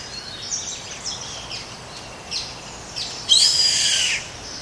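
Bird with a few faint high calls, then one loud harsh screech near the end, against steady background hiss.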